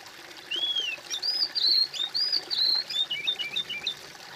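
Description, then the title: Bird song phrase: a bowed whistle opens, then loud, clear high whistles alternate with rapid slurred chirps, running for about three and a half seconds. "kOMPILASI suara bird"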